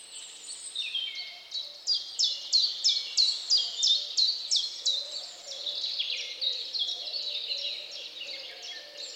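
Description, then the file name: Bird song with a steady train of bright, falling high notes, then a softer jumble of chirps. At dawn. "Odgłosy-Natury-Świt-i-ptaki"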